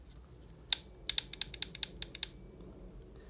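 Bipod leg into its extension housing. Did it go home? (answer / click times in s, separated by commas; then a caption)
yes / 0.7 s, 1.2 s, 1.4 s, 1.6 s, 1.8 s, 2.2 s. A Magpul bipod leg, with its button pushed in all the way and released, is extended in its housing and gives a series of sharp, bright clicks at 0.7, 1.2, 1.4, 1.6, 1.8 and 2.2 seconds as it moves through the extension slots. The leg seats in a slot.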